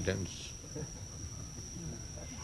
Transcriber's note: laughs